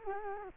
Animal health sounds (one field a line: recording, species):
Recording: mosquito wingbeat signal from an infrared sensor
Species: Culex quinquefasciatus